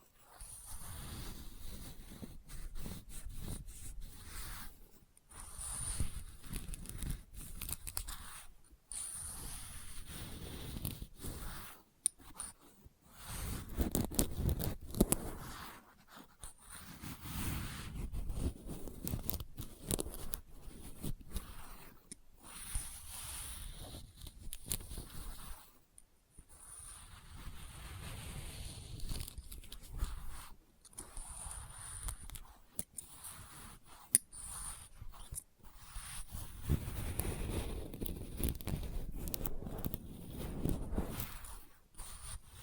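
Experimental triggers in test tubes: irregular bursts of scraping, rustling and handling noise with frequent brief silences, plus a faint high steady whine throughout.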